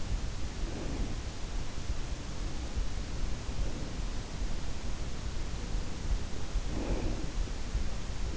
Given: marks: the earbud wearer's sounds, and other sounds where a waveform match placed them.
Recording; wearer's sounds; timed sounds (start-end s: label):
sounds in sleep by an in-ear microphone; breath
0.00-1.54 s: breath
6.39-7.75 s: breath